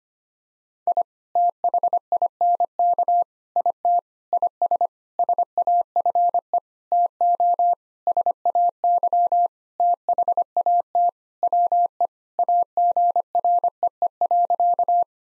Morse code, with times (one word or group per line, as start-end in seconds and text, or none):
0.9-1.0 I
1.4-3.2 THINK
3.6-4.0 IT
4.3-4.9 IS
5.2-6.6 SAFE
6.9-7.7 TO
8.1-9.5 SAY
9.8-11.1 THAT
11.4-12.1 WE
12.4-15.0 AGREE.